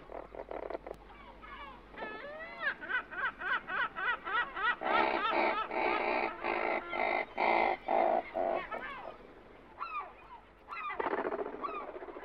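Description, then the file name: Bird calls: rapid series of harmonic, sharply rising and falling notes, about three per second, merging into a dense chattering burst midway, then a few separate calls and a final dense burst. "uccelli birds"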